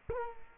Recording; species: mosquito wingbeat signal from an infrared sensor; Culex quinquefasciatus